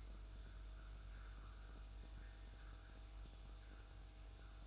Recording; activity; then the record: daily activity, microphone in the room; make coffee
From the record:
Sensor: 2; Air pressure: 994.8 hPa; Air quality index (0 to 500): 54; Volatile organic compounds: 1 ppm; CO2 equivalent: 880 ppm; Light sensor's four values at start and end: 14/49/19/18 and 14/49/19/18